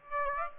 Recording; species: mosquito wingbeat signal from an infrared sensor; Aedes aegypti